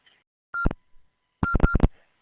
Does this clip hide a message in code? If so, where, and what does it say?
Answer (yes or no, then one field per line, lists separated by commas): no